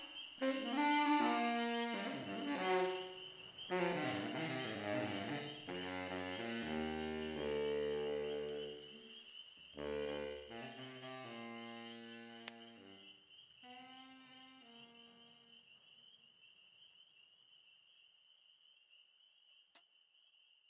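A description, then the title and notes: A baritone saxophone plays a slow line of held, full-bodied notes that rise and fall, thinning out and fading by about fifteen seconds. A steady, shrill chorus of spring peepers runs underneath the whole time and is left alone at the end. A field recording mix playing The Martin Bari sax under the train trestle with some spring peepers.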